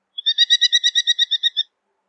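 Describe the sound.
Bird song: a clean, rapid series of about twelve identical high notes at a steady pace, lasting about one and a half seconds, with silence around it.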